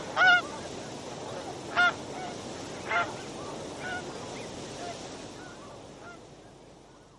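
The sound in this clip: Tundra swan giving honking calls, several clear at first and then fading into fainter, softer calls against constant background hiss.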